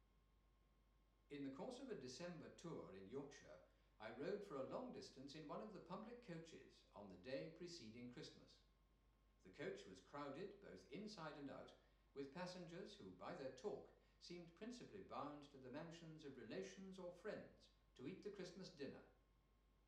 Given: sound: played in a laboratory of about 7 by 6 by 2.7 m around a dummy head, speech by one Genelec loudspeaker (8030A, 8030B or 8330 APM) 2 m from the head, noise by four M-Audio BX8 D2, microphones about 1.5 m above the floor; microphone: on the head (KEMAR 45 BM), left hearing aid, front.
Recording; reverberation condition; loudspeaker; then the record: male speech in English; medium; 150 degrees to the left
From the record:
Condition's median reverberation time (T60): about 510 ms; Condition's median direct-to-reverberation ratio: about -0.5 dB